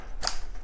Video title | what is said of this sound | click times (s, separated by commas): Dynalog DR-DG600C GPS Drone Review [Unboxing-Setup-Test Flight-How to] #drones #fun #fly #rc | And you hear that? It clicks right in and then you just kind of clip it out. | 0.3 s